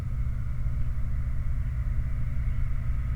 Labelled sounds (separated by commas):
songbird, man-made sound